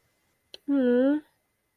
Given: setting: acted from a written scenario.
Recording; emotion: vocal sound without words; sympathy